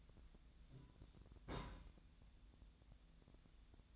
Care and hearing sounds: daily activity, microphone in the room; place on stove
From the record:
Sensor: 3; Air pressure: 1009.9 hPa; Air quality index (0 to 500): 187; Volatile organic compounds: 14 ppm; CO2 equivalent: 2436 ppm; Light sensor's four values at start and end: 41/102/44/47 and 41/102/44/47

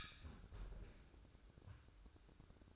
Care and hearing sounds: daily activity, microphone in the room; close fridge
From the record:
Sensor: 2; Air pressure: 1007.6 hPa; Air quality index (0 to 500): 37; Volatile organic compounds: 1 ppm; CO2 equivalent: 533 ppm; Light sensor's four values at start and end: 10/24/10/10 and 10/24/10/10

